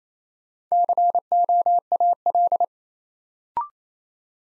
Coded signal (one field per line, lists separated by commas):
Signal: Morse code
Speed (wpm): 27 wpm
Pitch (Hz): 700 Hz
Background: none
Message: COAL